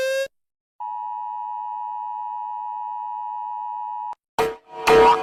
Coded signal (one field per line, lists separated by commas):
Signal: Emergency Alert System (SAME) tones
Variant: 853 and 960 Hz attention tone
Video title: Rating EAS alarms I guess